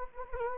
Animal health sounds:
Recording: mosquito wingbeat signal from an infrared sensor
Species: Anopheles gambiae

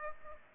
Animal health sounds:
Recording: mosquito wingbeat signal from an infrared sensor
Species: Aedes aegypti

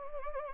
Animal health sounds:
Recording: mosquito wingbeat signal from an infrared sensor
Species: Anopheles arabiensis

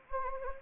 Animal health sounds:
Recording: mosquito wingbeat signal from an infrared sensor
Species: Anopheles gambiae

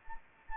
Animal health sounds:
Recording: mosquito wingbeat signal from an infrared sensor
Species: Anopheles arabiensis

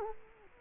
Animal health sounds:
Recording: mosquito wingbeat signal from an infrared sensor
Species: Culex quinquefasciatus

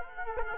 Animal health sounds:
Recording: mosquito wingbeat signal from an infrared sensor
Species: Culex quinquefasciatus

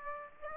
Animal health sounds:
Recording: mosquito wingbeat signal from an infrared sensor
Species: Aedes aegypti

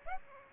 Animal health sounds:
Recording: mosquito wingbeat signal from an infrared sensor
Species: Aedes aegypti

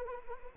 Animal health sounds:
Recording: mosquito wingbeat signal from an infrared sensor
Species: Anopheles arabiensis

